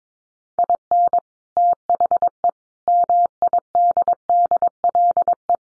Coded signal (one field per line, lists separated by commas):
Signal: Morse code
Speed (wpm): 22 wpm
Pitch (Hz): 700 Hz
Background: none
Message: IN THE MIDDLE